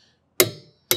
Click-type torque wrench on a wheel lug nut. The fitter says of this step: just like that when you hear that that means you are at that torque value